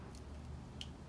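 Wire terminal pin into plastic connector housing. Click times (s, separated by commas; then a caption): 0.8 s. A wire terminal pin is pushed into a plastic connector housing while rewiring 12-inch LA Chopper handlebars on a Harley-Davidson Street Glide. Over a low background hum, a single quiet, sharp click is heard at 0.8 s as the pin seats in the housing.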